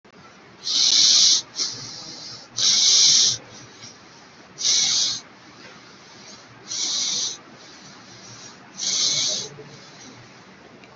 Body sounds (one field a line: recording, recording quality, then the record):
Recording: shallow breathing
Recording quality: excellent, no background noise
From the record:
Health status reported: COVID-19 positive, mild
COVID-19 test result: positive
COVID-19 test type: RT-PCR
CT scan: taken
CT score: 6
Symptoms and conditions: cough, cold, breathing difficulty, sore throat, fever, fatigue, muscle pain, loss of smell and taste, diarrhoea, diabetes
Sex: male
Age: 36 years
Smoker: yes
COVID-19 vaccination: both doses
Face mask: not worn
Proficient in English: yes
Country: India